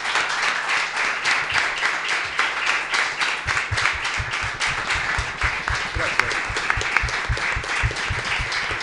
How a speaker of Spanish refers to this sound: Un aplauso para Alejandro.